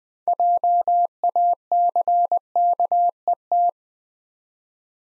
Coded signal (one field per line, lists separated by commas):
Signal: Morse code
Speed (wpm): 20 wpm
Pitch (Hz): 700 Hz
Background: none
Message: JACKET